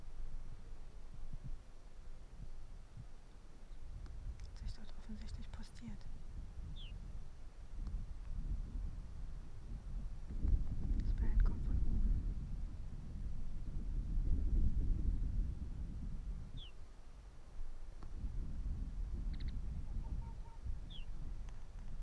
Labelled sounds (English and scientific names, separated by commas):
Arctic Fox (Vulpes lagopus)